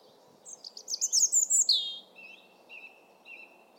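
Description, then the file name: European robin song: a fast run of very high trilled notes, then a falling sweep and thin drawn-out whistles trailing off. "Erithacus rubecula"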